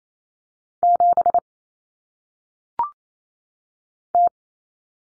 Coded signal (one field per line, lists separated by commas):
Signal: Morse code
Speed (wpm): 28 wpm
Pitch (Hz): 700 Hz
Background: none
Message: 7 T